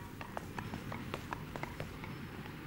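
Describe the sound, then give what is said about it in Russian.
A mounted militiaman's horse, carrying him and a man seated behind him, moves off along a side street, hooves clip-clopping on cobblestone pavement in a steady, even walking rhythm, sharp knocks repeating several times a second over a constant low rumble. “Конь зацокал по мостовой, увозя грустного Сашу Нетужилина.”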